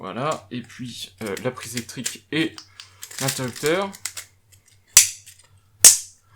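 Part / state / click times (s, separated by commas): plastic faceplate frame onto in-wall switch/socket module / seated / 5.0 s, 5.9 s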